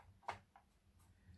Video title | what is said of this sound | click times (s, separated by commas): Stampin' Up! New Product Premier Adoring Hearts Bundle | There it goes. You'll hear it pop. Snap, | 0.3 s